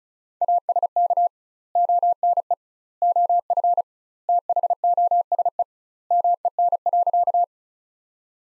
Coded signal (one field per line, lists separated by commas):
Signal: Morse code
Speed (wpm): 36 wpm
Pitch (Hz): 700 Hz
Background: none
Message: ASK ONE OF THOSE MEN.